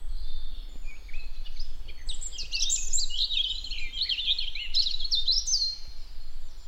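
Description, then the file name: European robin pouring out a dense, rapid stream of high, tinkling and warbled notes rising and falling, over a steady low hum. "Erithacus rubecula"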